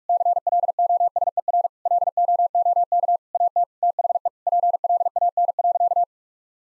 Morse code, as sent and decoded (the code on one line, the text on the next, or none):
-.-. .-.. --- ... . .-. / .-.. --- --- -.- / .- - / - .... . / .--. .-.. .- -. .-.-.-
CLOSER LOOK AT THE PLAN.